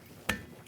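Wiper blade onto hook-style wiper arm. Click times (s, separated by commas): 0.3 s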